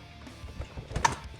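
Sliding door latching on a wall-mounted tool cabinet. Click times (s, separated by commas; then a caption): 1.0 s. The sliding door of a wall-mounted plastic Milwaukee Packout tool cabinet is pushed closed. Low sliding rumbles and a smaller knock at 1.0 s lead into a sharp, bright click at 1.1 s as the door latches shut.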